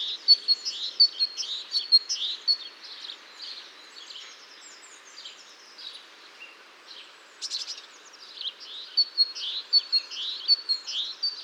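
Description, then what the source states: Great tit singing a repeated high two-note phrase, a burst at the start and another near the end, with a softer pause and scattered faint notes between. Males singing to mark territory and attract a partner at the start of the breeding season; resident year-round in gardens, using nest boxes or cavities.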